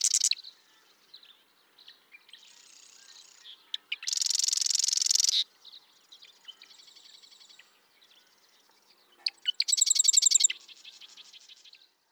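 Bird song of rapid high chirps, a long loud buzzy trill and softer rattling phrases, with a bright pulsed trill later on.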